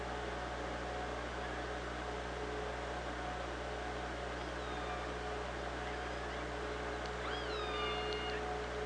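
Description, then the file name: Killer whale calls near the end, a few short harmonic squeals that sweep and bend over a steady underwater hiss and low mechanical hum. Recorded on the OrcaLab hydrophone, 24 August 2017, 16:26. "Orca Lab UTLN JASON 20170824 162605"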